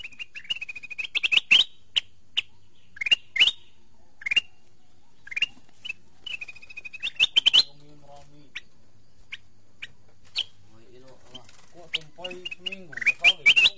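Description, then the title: Sooty-headed bulbul chattering: scattered rising whistled notes and short trills, repeated irregularly, with faint low sounds partway through. "Suara Burung Kutilang"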